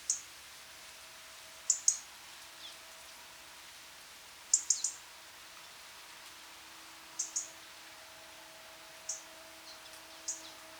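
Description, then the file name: European robin making thin, very high-pitched call notes, often doubled, spaced one to three seconds apart, with a soft electrical hum in the background. "Erithacus rubecula"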